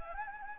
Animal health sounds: mosquito wingbeat signal from an infrared sensor; Anopheles gambiae

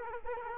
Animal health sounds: mosquito wingbeat signal from an infrared sensor; Culex quinquefasciatus

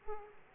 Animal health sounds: mosquito wingbeat signal from an infrared sensor; Aedes aegypti

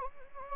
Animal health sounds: mosquito wingbeat signal from an infrared sensor; Anopheles gambiae

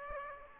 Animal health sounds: mosquito wingbeat signal from an infrared sensor; Aedes aegypti

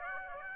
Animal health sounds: mosquito wingbeat signal from an infrared sensor; Aedes aegypti

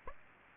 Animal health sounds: mosquito wingbeat signal from an infrared sensor; Aedes aegypti

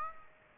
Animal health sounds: mosquito wingbeat signal from an infrared sensor; Aedes aegypti

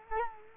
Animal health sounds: mosquito wingbeat signal from an infrared sensor; Culex quinquefasciatus

